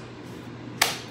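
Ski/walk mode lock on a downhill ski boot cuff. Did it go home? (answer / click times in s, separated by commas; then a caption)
yes / 0.8 s. The ski/walk mode lock on the cuff of a downhill ski boot is engaged into ski mode. After a quiet low hum, a single sharp, bright click at 0.8 s confirms the latch has engaged.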